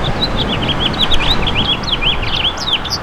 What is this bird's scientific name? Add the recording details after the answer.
Haemorhous mexicanus. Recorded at Babylon on Long Island, New York, on 18 May 2013. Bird F